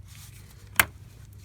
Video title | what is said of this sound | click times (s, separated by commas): My BMW 335i N54 Project Car Died! Can We Fix It!? | that'll snap right in boom | 0.8 s